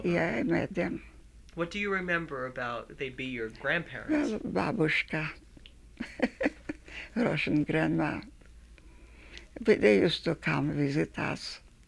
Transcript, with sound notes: Yeah. Yeah, I met them.
What do you remember about — they'd be your grandparents? [Laughs]
Russian Grandma. They used to come visit us.